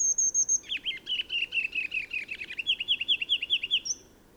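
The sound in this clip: Bird song with a short burst of high notes leading into a swift, rolling chatter of downslurred chirps, finishing with a faint high note.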